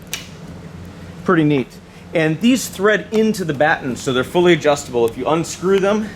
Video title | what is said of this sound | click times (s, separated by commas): Building a short packed wing | listen for the click | 0.1 s